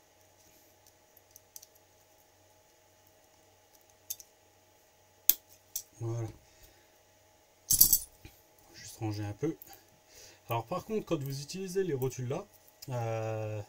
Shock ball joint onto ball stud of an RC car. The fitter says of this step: on entend bien le que ça clipse voilà juste